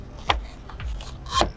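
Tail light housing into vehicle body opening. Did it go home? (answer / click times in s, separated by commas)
yes / 0.3 s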